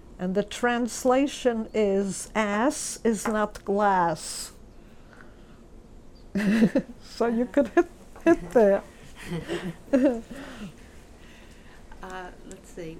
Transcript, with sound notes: And the translation is "Ass is not glass." (She laughs.) So you could hit there.
Uh, let's see.